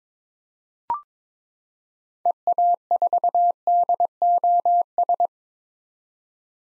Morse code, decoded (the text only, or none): EA4DOS